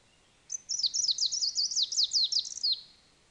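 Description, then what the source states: Greenish warbler (viridanus) singing a rapid, high-pitched twittering phrase of down-slurred notes run closely together, ending in a falling note. Subspecies viridanus; songs.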